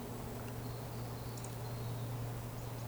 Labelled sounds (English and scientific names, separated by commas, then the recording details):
Eurasian Woodcock (Scolopax rusticola) whistle
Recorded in Baden-Württemberg, Germany, on 15 June 2020 at 19:20 UTC
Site 14569, 102 m above sea level